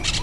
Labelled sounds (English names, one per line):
Brown-throated Parakeet contact call